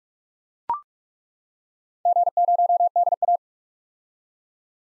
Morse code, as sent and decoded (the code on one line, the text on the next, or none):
--. ----- -.. .-
G0DA